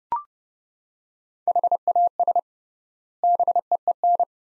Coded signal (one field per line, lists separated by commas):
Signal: Morse code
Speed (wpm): 30 wpm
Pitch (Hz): 700 Hz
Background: none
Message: HAS BEEN